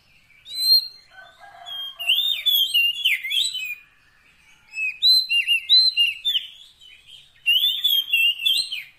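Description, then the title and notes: Oriental magpie-robin song: three short bursts of sweet whistles and slurred, trilling notes, each separated by a brief silence. Long-duration 'isian' fill-in song, meant to make the bird sing profusely day and night. "Kacer Jadi Gacor Siang Malam. Isian Kacer Durasi Panjang"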